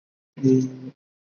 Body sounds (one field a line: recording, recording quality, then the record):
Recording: sustained vowel as in beet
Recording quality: moderate, slight background noise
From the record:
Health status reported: respiratory illness, not identified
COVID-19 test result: negative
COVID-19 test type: RT-PCR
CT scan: not taken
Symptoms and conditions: cough, fever, fatigue, muscle pain, asthma, ischaemic heart disease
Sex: male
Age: 35 years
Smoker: no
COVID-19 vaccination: both doses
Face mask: worn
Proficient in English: yes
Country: India